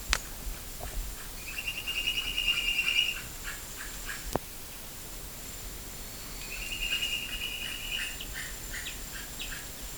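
Bird trills: two high buzzy rattling trills several seconds apart, with a couple of sharp clicks and faint background hiss.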